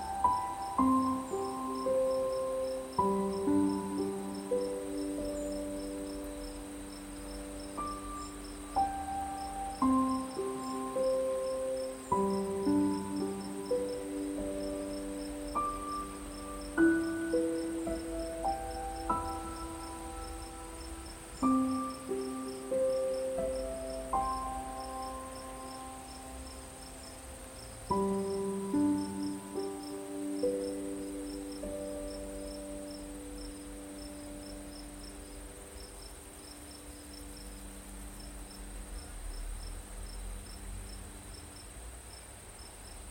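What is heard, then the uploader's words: Soft crickets chirp in a fast, steady pulse beneath beautiful piano chords that ring out every few seconds, fading into the crickets near the end. Night Nature Sounds - Soft Crickets, Beautiful Piano.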